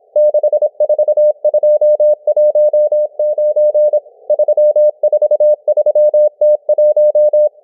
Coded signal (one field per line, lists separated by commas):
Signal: Morse code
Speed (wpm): 26 wpm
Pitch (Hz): 600 Hz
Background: none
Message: 64219 343T1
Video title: M12 Morse Code Numbers 01/02/2024 1420 UTC 17473kHz